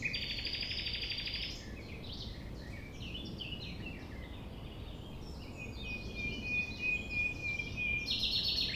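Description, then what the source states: Common nightingale song opening with a rapid pulsed rattle, then varied chirps and a long whistled note over a low background rumble. At sunrise, 6 a.m., near the Thève at Champ de Ménage; the nightingale sings without waiting for silence.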